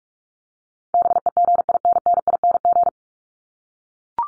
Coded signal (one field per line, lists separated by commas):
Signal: Morse code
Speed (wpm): 44 wpm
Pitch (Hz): 700 Hz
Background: none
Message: BEGINNING